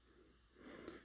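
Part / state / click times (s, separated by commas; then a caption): plastic weapon accessory into storage slot on action figure / not seated / none. A small plastic weapon accessory is placed into the storage slot on a Revenge of the Fallen Voyager Class Bludgeon action figure, with a soft rustle and a brief light tap at 0.9 s. Nothing has seated or clicked: the weapon does not lock in and just sits loosely, so it would fall out.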